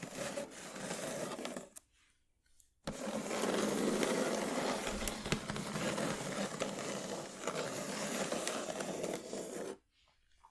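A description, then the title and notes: Wooden ASMR triggers: a dense, steady rubbing and scraping texture with scattered sharp taps. It stops abruptly near two seconds, goes nearly silent for about a second, resumes at full strength until almost ten seconds, then cuts out again. ASMR Wooden Triggers 1hour（No Talking）.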